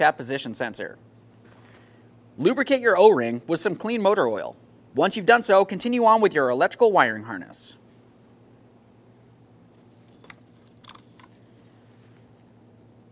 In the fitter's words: press it in listen for a click get give it a nice tug to make sure it's completely secured